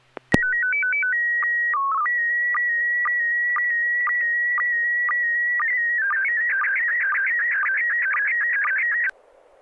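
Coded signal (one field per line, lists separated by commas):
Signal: SSTV (slow-scan television)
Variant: PD 120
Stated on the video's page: SSTV images exchanged on a weekly amateur net via an FM repeater on 441.300 MHz in Sacramento, sent with MMSSTV software.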